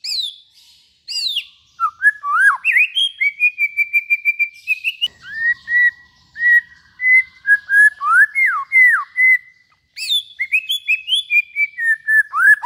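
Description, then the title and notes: White-rumped shama singing clear whistles, some held steady, mixed with rapid repeated notes and sweeping slurs, broken by a few short silences. Long-duration song used as a lure for trapping. "Pikat Murai Batu Durasi Panjang. Burung Murai Batu"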